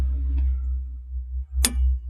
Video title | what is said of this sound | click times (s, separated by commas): 2013 Subaru XV Crosstrek LR Wheel Bearing R&R | it just one click that's it | 1.7 s